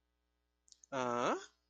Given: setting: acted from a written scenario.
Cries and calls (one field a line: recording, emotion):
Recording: vocal sound without words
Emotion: confusion